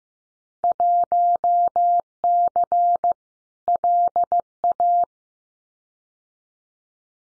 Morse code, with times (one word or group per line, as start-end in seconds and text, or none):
0.6-3.1 1C
3.7-5.0 LA